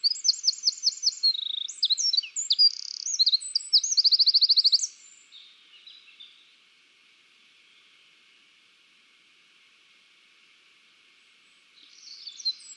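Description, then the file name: Eurasian wren song lasting about five seconds, shrill notes and a quick trill, followed by a long quiet spell and a brief burst of song at the end. "Troglodytes troglodytes"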